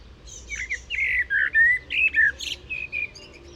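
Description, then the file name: Common blackbird song: mellow, fluty whistled phrases that rise and fall, ending in a thin, high twittering flourish. "Turdus merula"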